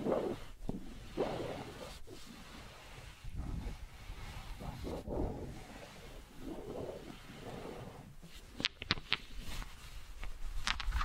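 Wooden balls roll and rub with a low, rumbling swell that rises and fades in waves, broken by short silent gaps about every one to two seconds. Near the ninth second a quick run of sharp, bright clicks cuts through, with another click near the end.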